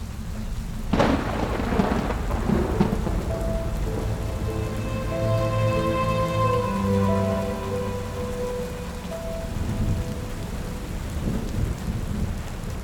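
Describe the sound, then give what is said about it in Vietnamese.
Heavy rain pours down steadily at night onto crowded streets, broken by a sharp thunderclap near the start and low rolling rumbles after, with faint sustained tones drifting underneath. “Trời đã về đêm, những cơn mưa nặng hạt bên ngoài cứ ồ ạt lao xuống dòng người tấp nập mà chẳng có dấu hiệu dừng, mang theo từng đợt sấm chớp dữ dội khiến cho lòng ngực con người ta vô thức sợ hãi.”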